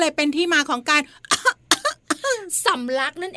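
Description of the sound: A series of about eight short, voiced, gasping cough-like bursts with brief pauses between them, acted in a child's voice. This imitates choking on food, where food enters the windpipe when a child eats while talking and breathing, and coughing works to expel it.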